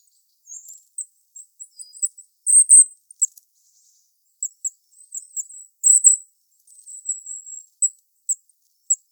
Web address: regulus regulus call